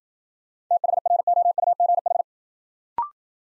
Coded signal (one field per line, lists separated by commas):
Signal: Morse code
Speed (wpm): 53 wpm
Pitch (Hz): 700 Hz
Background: none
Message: THROUGH